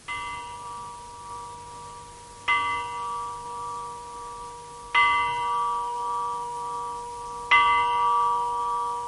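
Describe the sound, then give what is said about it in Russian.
A village church bell in a mountain village in Georgia tolls four slow, evenly spaced strokes, each clang blooming into a bright, humming ring that lingers and overlaps the next. No voices are heard. “Это колокол моего села. Он звонит по утрам, возвещая, что скоро начало занятий в школе.”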